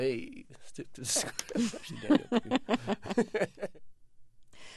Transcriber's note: laughter